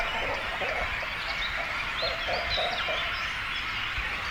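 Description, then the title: Cormorant colony chorus of many overlapping guttural, croaking calls with higher chattering notes, continuous throughout, with steady background hiss. Breeding colony of cormorants with chicks, at Zemitz, Germany. "Zemitz, Deutschland - Kormorane brüten (mit Jungvögeln). breeding cormorants (with children)"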